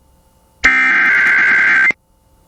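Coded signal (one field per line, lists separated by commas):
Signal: Emergency Alert System (SAME) tones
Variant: header bursts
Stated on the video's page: EAS blizzard warning and winter weather advisory on KALT-FM, copied from a media site rather than received live.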